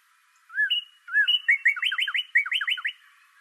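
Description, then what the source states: A songbird gives one phrase: two slurred whistled notes, then a rapid series of sharp, downward-sweeping chirps. Recorded on 26 March 2012.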